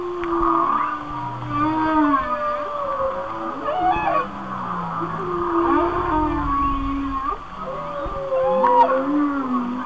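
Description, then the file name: Whale vocalizations: long drawn-out moans sliding slowly down and up, with higher wavering wails and a short rising squeal between them. "Whale Songs- Mike Mc Donald"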